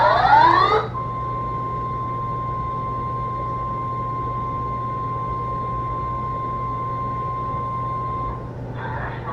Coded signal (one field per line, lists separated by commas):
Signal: Emergency Alert System (SAME) tones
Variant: 1050 Hz attention tone